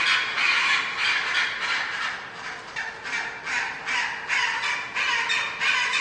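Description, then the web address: Penguin colony chorus, a dense wash of harsh overlapping calls pulsing irregularly, with a steady low hum underneath. Large penguin colony recorded indoors as ambience. "bird penguin large penguin colony indoor ambience"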